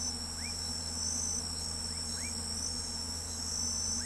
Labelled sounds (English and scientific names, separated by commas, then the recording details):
none
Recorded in pastures near Pivijay, Magdalena, Colombia, on 2 June 2023 at 04:30
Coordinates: 10.456, -74.369
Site P6-G026